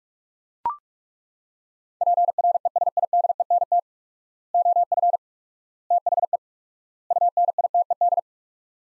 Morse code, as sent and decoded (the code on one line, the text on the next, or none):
.--. .-. . ... .. -.. . -. - / --- ..-. / - .... . / ..- -. .. - . -..
PRESIDENT OF THE UNITED